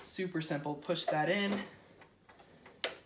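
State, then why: Seated. Someone talks, then pushes a plastic locking pin into the back of the middle connector piece of a Halloween animatronic prop. A few faint taps follow, and a sharp click at 2.8 s marks the pin snapping and locking into place.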